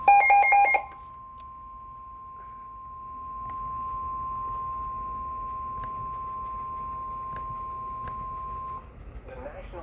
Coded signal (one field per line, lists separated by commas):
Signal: Emergency Alert System (SAME) tones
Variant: 1050 Hz attention tone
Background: speech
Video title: EAS #215-216: SMW-W and SMW